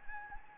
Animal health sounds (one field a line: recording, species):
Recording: mosquito wingbeat signal from an infrared sensor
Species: Anopheles gambiae